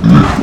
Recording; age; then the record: pig call; growing-finishing pig (85 days or more)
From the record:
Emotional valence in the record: positive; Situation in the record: run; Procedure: transit